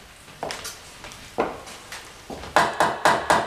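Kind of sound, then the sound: impact, knocking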